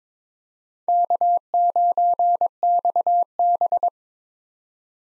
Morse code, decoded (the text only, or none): K9XB